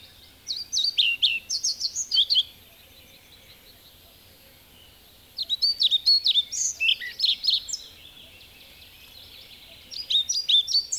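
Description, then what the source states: European Pied Flycatcher singing three high, rhythmic phrases of sharp, see-sawing notes split by quiet pauses, the last cut short. Field recording from Finland, released on cassette in 1987.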